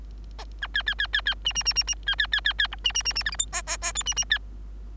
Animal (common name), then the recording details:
Bengalese Finch. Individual Bird3